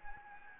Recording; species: mosquito wingbeat signal from an infrared sensor; Anopheles gambiae